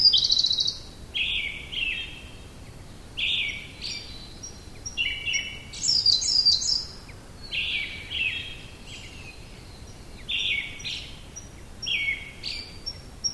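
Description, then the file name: Siberian blue robin singing repeated rattling phrases every second or two, including one higher buzzy burst, with faint thin notes between phrases over background hiss. "koruri"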